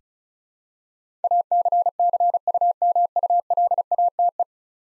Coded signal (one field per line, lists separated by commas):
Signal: Morse code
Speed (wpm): 36 wpm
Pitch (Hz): 700 Hz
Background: none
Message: ACCUMULATE